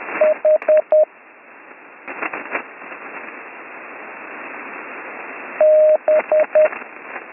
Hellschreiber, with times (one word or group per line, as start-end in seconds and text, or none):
none